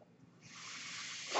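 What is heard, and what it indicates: A soft airy hiss builds from about half a second in, holds steady, then swells sharply at the end of the short clip. This is the rushing airflow of a home mechanical ventilator delivering a breath.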